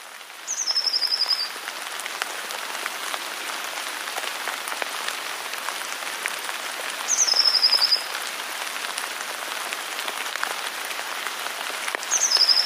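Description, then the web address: Eurasian blue tit repeating one call about every six seconds, three times: high thin notes sliding into a quick trill, with steady rain-like hiss throughout. "wroblowe teka modraszkoteka"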